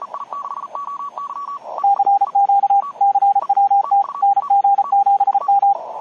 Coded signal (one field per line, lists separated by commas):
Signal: Morse code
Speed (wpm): 33 wpm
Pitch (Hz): 800 Hz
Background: radio noise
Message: CQ CWT NG7M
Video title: January 14, 2021 UARC Meeting: HF Made Easy - Using UARC's HF remote stations in a CW contest